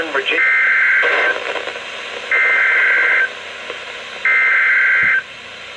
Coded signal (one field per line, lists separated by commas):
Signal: Emergency Alert System (SAME) tones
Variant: header bursts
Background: speech